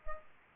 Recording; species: mosquito wingbeat signal from an infrared sensor; Culex pipiens